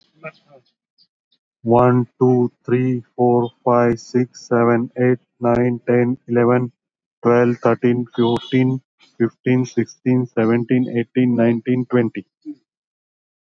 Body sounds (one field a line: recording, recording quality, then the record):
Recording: counting at a normal pace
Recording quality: excellent, no background noise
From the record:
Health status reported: healthy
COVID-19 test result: negative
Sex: male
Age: 45 years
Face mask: worn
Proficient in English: yes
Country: India